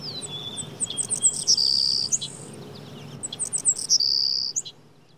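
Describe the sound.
Bird calls: rapid high-pitched chirps with two drawn-out shrill whistles, coming in two clusters.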